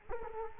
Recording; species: mosquito wingbeat signal from an infrared sensor; Culex quinquefasciatus